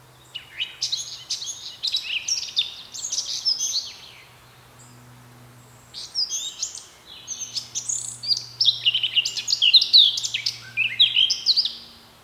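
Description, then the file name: Eurasian blackcap song: lively, varied warbling phrases mixing chattering notes and clear whistles, two long bursts separated by a brief pause, with a faint low hum. "Sylvia atricapilla"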